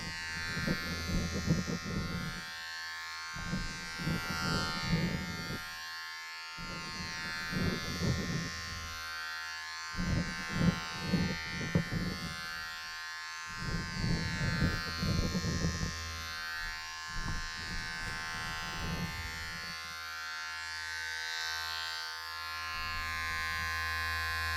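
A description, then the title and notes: Electric clippers buzz steadily through a salon haircut, a constant low hum with a bright hiss above it. Over the hum, bursts of speech-like sound come in roughly two-second stretches with short pauses between, repeating about seven times before the buzzing continues alone. Salon Haircut Head Massage, Scissors and Clipper.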